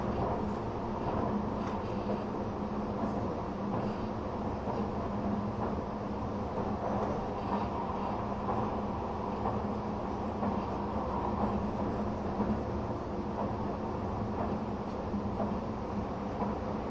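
Train running sound from inside the Spacia X limited express: a steady, dense rumble with a strong low hum and a mid-range roar. Faint rhythmic clicks and brief swells recur every second or two as the wheels pass over the rails, with no pauses throughout.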